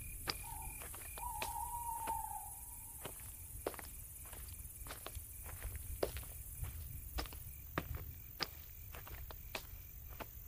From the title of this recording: lost in the dark village Asmr ambience